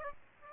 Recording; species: mosquito wingbeat signal from an infrared sensor; Aedes aegypti